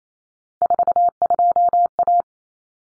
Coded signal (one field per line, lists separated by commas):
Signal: Morse code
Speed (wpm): 28 wpm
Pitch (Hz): 700 Hz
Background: none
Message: 42A